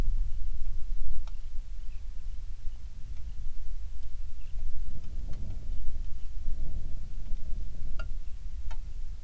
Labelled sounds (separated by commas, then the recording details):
songbird, wind, rain
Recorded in the Prudhoe Bay oil fields, Alaska, on 27 July 2019 at 19:01
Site 19